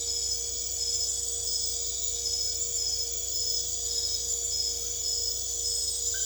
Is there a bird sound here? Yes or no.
no